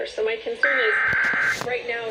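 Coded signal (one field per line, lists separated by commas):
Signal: Emergency Alert System (SAME) tones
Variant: header bursts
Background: speech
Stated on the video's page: Pennsylvania Required Monthly Test relayed by FM radio stations, a Trilithic EASyCAST relay, an Xfinity cable box and stream, and Philadelphia and Lancaster TV stations.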